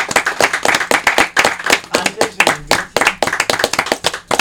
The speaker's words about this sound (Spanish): Entonces, pues vamos a dar un doble aplauso a nuestros músicos y a ustedes, cabrón.